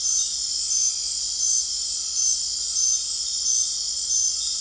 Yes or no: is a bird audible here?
no